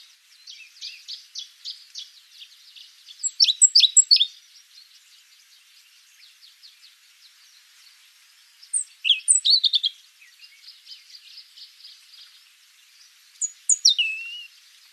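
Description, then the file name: European robin song: three short bursts of high, thin twittering notes with sliding whistles, spaced several seconds apart, over a steady high insect-like buzz. "Erithacus rubecula"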